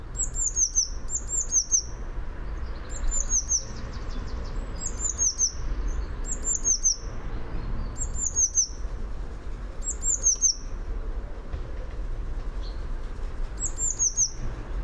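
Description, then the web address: Eurasian blue tit song: high, falling thin notes ending in a short trill, repeated several times, mostly every one to two seconds, over a soft low rumble. "fugl b-mejse"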